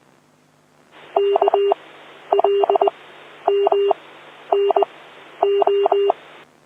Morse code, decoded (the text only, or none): K L M N O